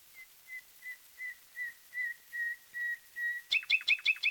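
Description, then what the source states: Common nightingale song: a series of about ten pure, slowly swelling whistled notes on one pitch, then a fast, loud rattling trill of rapid repeated notes. From a 1936 disc of wild bird songs, side A.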